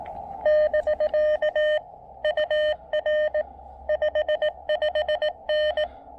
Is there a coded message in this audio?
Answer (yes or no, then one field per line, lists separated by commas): yes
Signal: Morse code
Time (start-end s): 0.5-5.8 s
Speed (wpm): 20 wpm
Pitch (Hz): 600 Hz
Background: none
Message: <BK> UR 55N